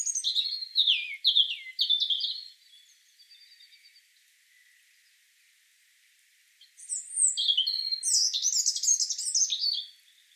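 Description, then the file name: European robin singing two phrases of high, liquid trills and sliding whistles separated by a quiet pause of about four seconds. "Erithacus rubecula"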